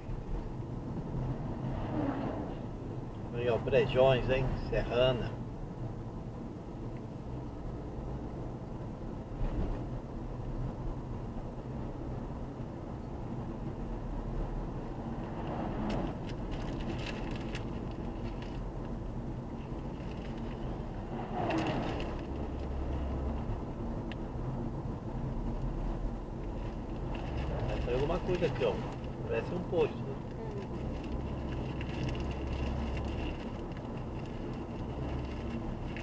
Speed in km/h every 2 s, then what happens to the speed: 43, 41, 42, 46, 48, 50, 49, 49, 50, 50, 50, 52, 49, 45, 45, 49, 51, 51.
4-10 speeds up to 50. 10-22 steady at about 50. 22-27 slows to 45. 27-36 steady at about 49.